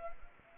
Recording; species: mosquito wingbeat signal from an infrared sensor; Anopheles arabiensis